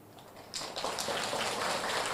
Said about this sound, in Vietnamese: Dữ ác không, từ đầu giờ tới giờ mới chịu bố thí cho chàng vỗ tay. Nãy giờ đâu có vỗ gì đâu.